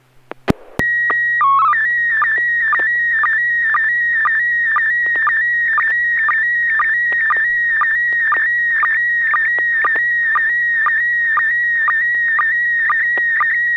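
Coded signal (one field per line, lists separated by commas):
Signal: SSTV (slow-scan television)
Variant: PD 120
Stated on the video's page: SSTV net on an FM repeater at 441.300 MHz, Sacramento, CA, Wednesdays 9 pm Pacific.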